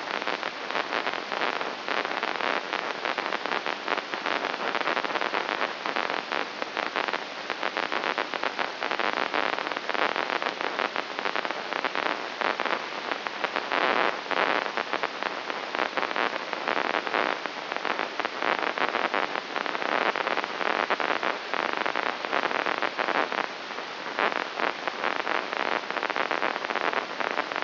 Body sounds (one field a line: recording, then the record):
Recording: brain microelectrode recording played as sound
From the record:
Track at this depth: inside the subthalamic nucleus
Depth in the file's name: 4.883 mm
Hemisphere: left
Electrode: 2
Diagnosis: Parkinson's disease